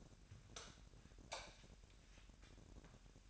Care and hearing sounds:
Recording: daily activity, microphone in the room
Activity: light off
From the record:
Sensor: 2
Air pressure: 1011.8 hPa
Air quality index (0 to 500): 212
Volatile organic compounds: 3 ppm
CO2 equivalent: 1494 ppm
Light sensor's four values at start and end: 14/40/16/16 and 10/23/10/10

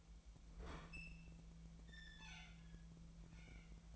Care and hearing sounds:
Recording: daily activity, microphone in the room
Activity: open fridge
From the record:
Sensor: 1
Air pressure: 1009.7 hPa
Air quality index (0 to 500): 193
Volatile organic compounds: 19 ppm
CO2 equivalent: 2646 ppm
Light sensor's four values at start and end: 29/75/31/37 and 29/75/31/37

